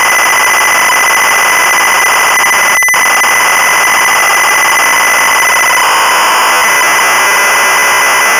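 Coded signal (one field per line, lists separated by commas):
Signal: ZX Spectrum tape loading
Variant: Sinclair ZX Spectrum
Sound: continuous harsh buzzing screech of data, with a brief glitch near three seconds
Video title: The Trap Door (1986) - Sinclair ZX Spectrum (Full Tape Rip / Cassette Load)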